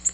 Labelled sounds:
Nashville Warbler (Leiothlypis ruficapilla) flight call

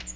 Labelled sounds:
Magnolia Warbler (Setophaga magnolia) flight call

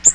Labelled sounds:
Blue-winged Warbler (Vermivora cyanoptera) flight call

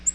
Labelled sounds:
Nashville Warbler (Leiothlypis ruficapilla) flight call

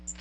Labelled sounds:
Magnolia Warbler (Setophaga magnolia) flight call

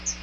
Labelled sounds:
Chestnut-sided Warbler (Setophaga pensylvanica) flight call

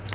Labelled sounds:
Palm Warbler (Setophaga palmarum) flight call

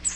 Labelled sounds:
Cape May Warbler (Setophaga tigrina) flight call

